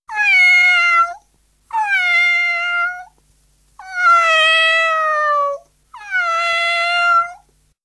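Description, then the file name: Cat meowing: four long, drawn-out, harmonically rich meows, each lasting one to two seconds, with short pauses between them. "chat"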